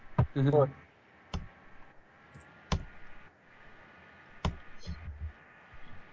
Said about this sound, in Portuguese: Sei quem é que anda a porrada com o teclado. Era eu, mas isso era outra coisa.